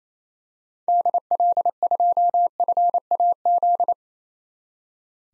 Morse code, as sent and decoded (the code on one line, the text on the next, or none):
-.. .-.. ..--- ..-. .- --..
DL2FAZ